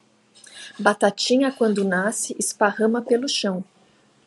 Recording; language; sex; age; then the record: short text; Brazilian Portuguese; female; 50 to 59 years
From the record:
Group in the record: control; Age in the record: 55 years